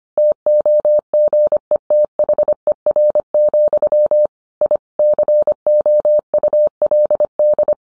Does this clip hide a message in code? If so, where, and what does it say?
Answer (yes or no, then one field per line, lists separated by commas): yes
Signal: Morse code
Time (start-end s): 0.2-7.7 s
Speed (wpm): 25 wpm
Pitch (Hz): 600 Hz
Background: none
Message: TOGETHER, I COULD